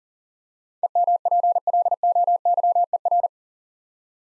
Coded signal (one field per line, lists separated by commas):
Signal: Morse code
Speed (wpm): 39 wpm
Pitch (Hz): 700 Hz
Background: none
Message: EMPLOYER